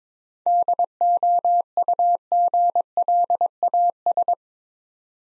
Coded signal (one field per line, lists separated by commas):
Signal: Morse code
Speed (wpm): 22 wpm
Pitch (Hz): 700 Hz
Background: none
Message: DOUGLAS